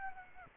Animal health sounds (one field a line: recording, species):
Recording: mosquito wingbeat signal from an infrared sensor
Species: Aedes aegypti